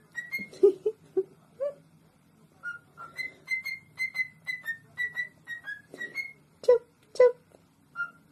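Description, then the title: Cockatiel whistled song: a run of clear, fairly even whistles around one pitch, some rising or falling slightly, with a few lower throaty notes and a steady low hum beneath. More than one cockatiel, singing with whistles. "Calopsitas Cantando Assobio"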